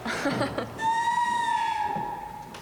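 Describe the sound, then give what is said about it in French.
A handmade clay pottery whistle, made at a pottery workshop, is blown in one long, steady, fairly high-pitched tone lasting about a second, with pitch sagging slightly at the end, after a brief murmur of voices. “On a fabriqué des choses pour siffler.”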